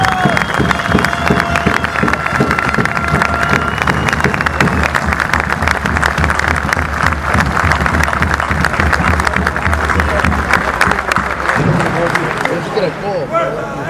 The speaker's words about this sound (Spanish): Demos un fuerte aplauso a todos los gremios que nos están apoyando.